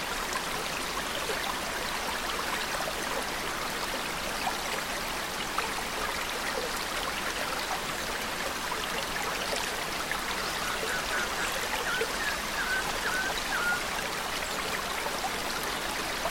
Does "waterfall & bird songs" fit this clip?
yes